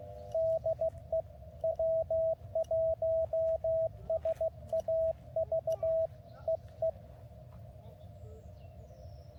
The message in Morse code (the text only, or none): DE W1SAV EE